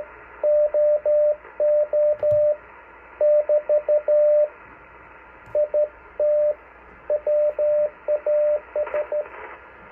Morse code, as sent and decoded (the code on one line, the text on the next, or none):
--- --- / -...- / .. - / .-- .- ...
OO <BT> IT WAS